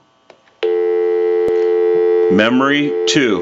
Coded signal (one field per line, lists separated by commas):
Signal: telephone call progress tone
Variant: North America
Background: speech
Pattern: dial tone